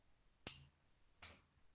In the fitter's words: gira para frente para trás e ouvir um clique vou tirar pra vocês ouvirem um clique ó